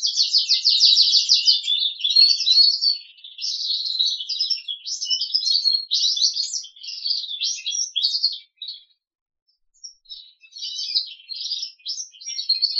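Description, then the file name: Crested canary singing a fast, continuous song of rapid trills and warbled twitters, briefly pausing about two-thirds through before resuming. "audio kenari jambul"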